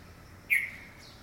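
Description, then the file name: Red-vented bulbul call, one short sharp chirp, with a faint higher note after it. "Pycnonotus cafer - Red-vented Bulbul"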